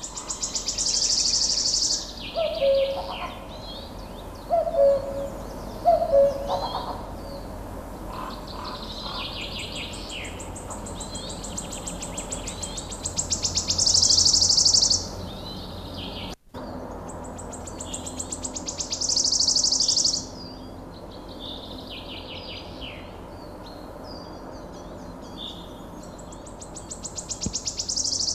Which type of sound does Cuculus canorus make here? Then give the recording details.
song. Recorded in the wild. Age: adult. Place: Villach, Kärnten, AT. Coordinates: 46.591, 13.824. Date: 1972-05-02. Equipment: Uher 4100 Report-V. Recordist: Brunner, Thomas. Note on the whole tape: Napoleonswiese. Gesang